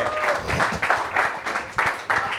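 An audience at a comedy night breaks into loud applause for a performer, a dense wash of many hands clapping that swells in regular waves for a couple of seconds.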